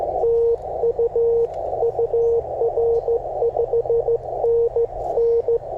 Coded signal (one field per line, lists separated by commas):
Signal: Morse code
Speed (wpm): 14 wpm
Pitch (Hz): 470 Hz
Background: radio noise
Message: TU UR 5NN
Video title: Sharing CW POTA with a friend! #parksontheair #hamradio